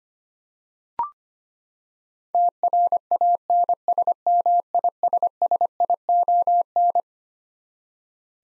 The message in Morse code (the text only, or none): TRANSMISSION